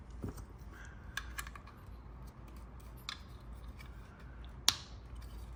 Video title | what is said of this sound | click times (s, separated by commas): COOKIE MONSTER BLOKEES preCOOL OPENING AND REVIEW! | Those have a nice click. | 4.7 s